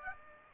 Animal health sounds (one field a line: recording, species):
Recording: mosquito wingbeat signal from an infrared sensor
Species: Aedes aegypti